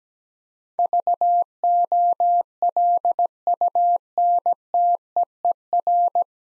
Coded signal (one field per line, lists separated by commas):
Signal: Morse code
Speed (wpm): 17 wpm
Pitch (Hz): 700 Hz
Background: none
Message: VOLUNTEER